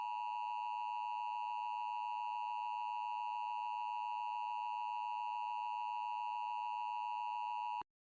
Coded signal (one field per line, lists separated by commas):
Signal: Emergency Alert System (SAME) tones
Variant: 853 and 960 Hz attention tone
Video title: EAS Scenario: The Breaking News Incident